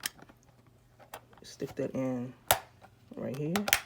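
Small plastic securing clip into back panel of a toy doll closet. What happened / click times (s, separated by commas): Small plastic part handled, not yet snapped home / none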